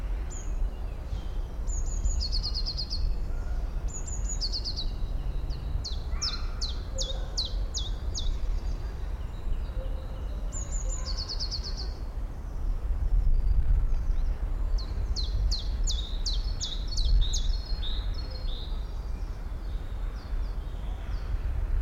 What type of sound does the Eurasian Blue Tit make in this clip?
call